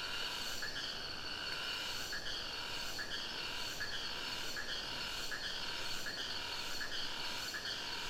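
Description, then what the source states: Cicada song: short buzzing phrases repeated in a quick, regular series over a steady high hum. Cicada singing close to the river in the Sumatra jungle, Ketambe, Aceh region; recorded with a Sony PCM D50.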